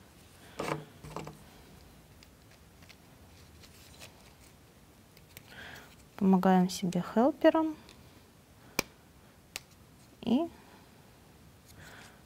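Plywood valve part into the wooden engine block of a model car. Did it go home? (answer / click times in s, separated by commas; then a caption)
yes / 8.8 s, 9.6 s. A small plywood valve part for the mechanical V8 engine of a U-9 Grand Prix Car wooden model is pressed into its slot in the wooden engine block, with soft handling rustles and someone talking. Two sharp snaps are heard at 8.8 s and 9.6 s as the part seats in place.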